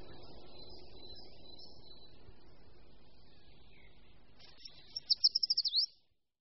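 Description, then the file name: Short-toed treecreeper gives a single phrase of quick high notes with a swooping end, after several seconds of soft low background rumble and faint high tones. "Šoupálek-dlouhoprstý"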